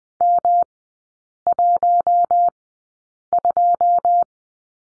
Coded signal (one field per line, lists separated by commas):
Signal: Morse code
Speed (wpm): 20 wpm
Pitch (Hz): 700 Hz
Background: none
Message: M12